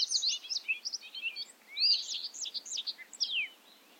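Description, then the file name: Bobolink: bird song: a quick, jumbled series of chirping, slurred high notes running without a break. Recorded at Ferme Beauchamp. "A bobolink talks to you from Ferme Beauchamp"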